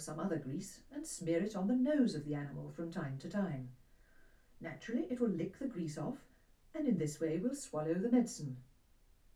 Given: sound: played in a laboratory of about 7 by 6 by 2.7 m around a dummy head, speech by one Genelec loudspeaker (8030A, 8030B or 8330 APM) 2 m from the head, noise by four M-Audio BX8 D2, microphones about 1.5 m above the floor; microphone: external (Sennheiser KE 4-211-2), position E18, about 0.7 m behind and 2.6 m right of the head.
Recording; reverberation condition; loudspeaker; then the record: female speech in English; low; in front (0 degrees)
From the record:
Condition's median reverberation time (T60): about 310 ms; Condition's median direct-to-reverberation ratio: about 3.5 dB